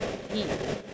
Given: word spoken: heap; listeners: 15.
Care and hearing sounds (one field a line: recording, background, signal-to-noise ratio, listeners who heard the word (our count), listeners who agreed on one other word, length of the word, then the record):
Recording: one English word in noise, from a listening test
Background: noise modulated by three-talker babble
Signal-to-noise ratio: -4.6 dB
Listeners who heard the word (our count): 0 of 15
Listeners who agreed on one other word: 7 of 15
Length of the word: 0.54 s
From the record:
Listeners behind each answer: 7, 3, 1, 1, 1, 1, 1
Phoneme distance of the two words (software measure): 17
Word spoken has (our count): 1 syllable, 3 phonemes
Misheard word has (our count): 1 syllable, 2 phonemes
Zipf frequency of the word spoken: 3.69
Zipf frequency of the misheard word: 5.21